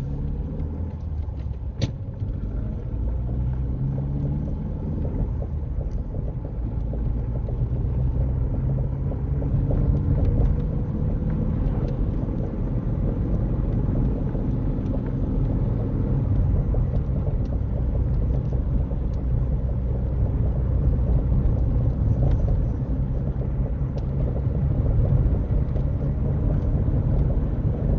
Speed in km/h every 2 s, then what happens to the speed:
23, 26, 29, 37, 37, 37, 42, 47, 45, 45, 48, 52, 53, 56.
0-6 speeds up to 37. 10-13 speeds up to 47. 13-18 steady at about 45. 18-28 speeds up to 56.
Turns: none.